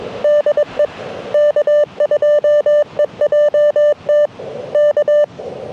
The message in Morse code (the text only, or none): DE K2EJT K